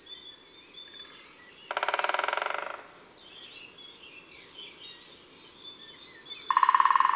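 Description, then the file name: Great spotted woodpecker drums twice, each a fast rattling roll of knocks, with quiet chirping of other birds in between. Recorded in January. "Janvier Le Pic epeiche"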